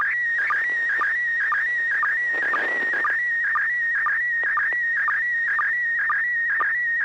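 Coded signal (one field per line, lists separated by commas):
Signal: SSTV (slow-scan television)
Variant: PD120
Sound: continuous warbling tone around 2 kHz with rapid regular sync chirps, steady rhythm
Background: low hum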